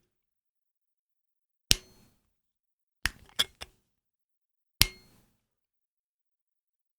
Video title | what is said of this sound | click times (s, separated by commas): Stylo-plume Waterman Edson Blue : présentation, essai et avis | Un beau clac bien satisfaisant. | 1.7 s, 4.8 s